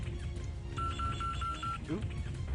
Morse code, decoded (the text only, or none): none